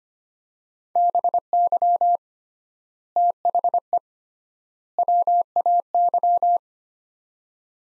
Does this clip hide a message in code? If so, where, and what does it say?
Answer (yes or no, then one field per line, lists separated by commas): yes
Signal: Morse code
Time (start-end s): 1.0-6.6 s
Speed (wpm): 25 wpm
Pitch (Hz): 700 Hz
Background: none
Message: BY THE WAY